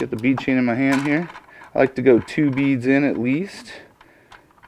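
Someone talks while holding the bead chain of a cellular shade, about to push it at least two beads deep into a plastic cable tension bracket under the shade. Faint light ticks of handling come near the end as the voice fades, but the chain has not yet snapped or seated in the bracket.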